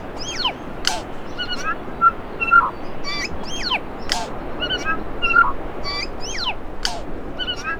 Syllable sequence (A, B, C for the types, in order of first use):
A B C D E F A B C E F A B C